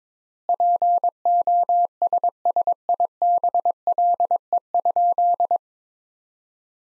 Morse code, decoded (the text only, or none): POSSIBLE?